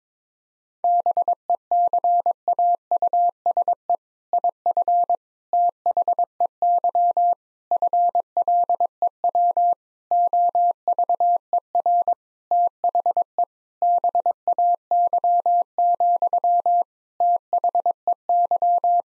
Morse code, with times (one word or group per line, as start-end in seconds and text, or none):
0.8-4.0 BECAUSE
4.3-5.2 IF
5.5-7.3 THEY
7.7-9.7 FLEW
10.1-12.1 OVER
12.5-13.4 THE
13.8-16.8 BAY,
17.2-19.0 THEY